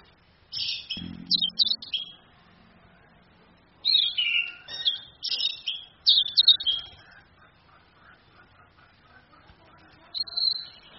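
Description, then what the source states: Orange-headed thrush song in three bouts: rapid clusters of high, sweet whistles and chirps, pauses of quiet between, ending with a single thin drawn-out whistle. Female; used as a training recording for other birds.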